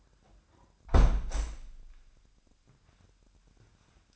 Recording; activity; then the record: daily activity, microphone in the room; close window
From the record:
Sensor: 2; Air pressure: 998.0 hPa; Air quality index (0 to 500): 148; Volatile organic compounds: 4 ppm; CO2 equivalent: 1676 ppm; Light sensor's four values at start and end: 10/29/11/11 and 10/29/11/11